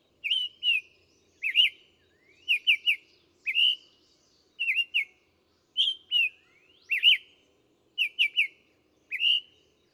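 Bird singing bursts of two or three bright, swooping whistled notes with crisp high ticks, phrases coming roughly every second over an otherwise quiet background.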